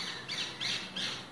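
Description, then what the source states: Rose-ringed Parakeet giving three harsh, high screeching squawks about a third of a second apart, played back quietly. Earlier recording played back in a bird ID app, which matched it; garden, Greater London, 26 April 2023, 4:52pm.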